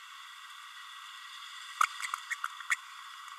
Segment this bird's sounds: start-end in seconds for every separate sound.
1.83-1.86, 2.30-2.35, 2.71-2.75